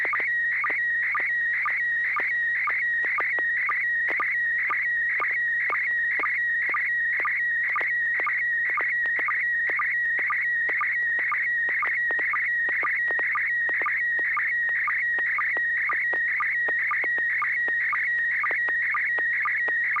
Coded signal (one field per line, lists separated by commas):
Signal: SSTV (slow-scan television)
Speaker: at least one building maybe two side by side with two different uh uh geez i can't name the architecture